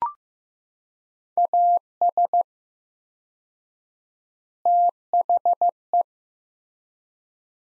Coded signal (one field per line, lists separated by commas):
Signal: Morse code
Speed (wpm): 15 wpm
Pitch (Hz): 700 Hz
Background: none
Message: AS THE